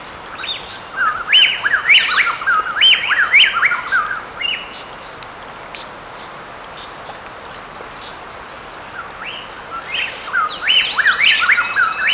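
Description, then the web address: Plain-tailed wren song: rich, rapid whistled phrases rising and falling, in a bubbling burst for about four seconds, a pause, then a second lively burst near the end. Ecuador. "S America Birds of Ecuador. Plain-Tailed Wren"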